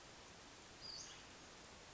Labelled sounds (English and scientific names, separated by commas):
Western Flycatcher (Empidonax difficilis)